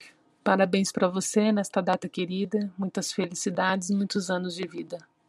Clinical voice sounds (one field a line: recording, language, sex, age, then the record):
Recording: short text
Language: Brazilian Portuguese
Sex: female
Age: 30 to 39 years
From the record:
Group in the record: control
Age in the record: 35 years